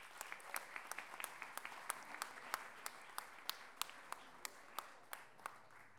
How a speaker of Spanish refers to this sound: un aplauso para ella.